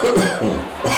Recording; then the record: coughing mixed with background sound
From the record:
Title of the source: Residual Phlegmy Morning Coughing and Gagging